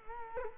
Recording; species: mosquito wingbeat signal from an infrared sensor; Culex quinquefasciatus